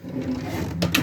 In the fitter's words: and again just let them click in you'll hear a quite a defined click when they're clicking in place